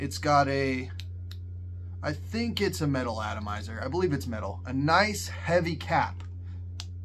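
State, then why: Seated. A heavy cap is pressed onto the metal atomizer of a 200 ml Versace Eros fragrance bottle, roughly three to four years old, while someone talks. The cap snaps home with a sharp click at 6.8 s and is seated.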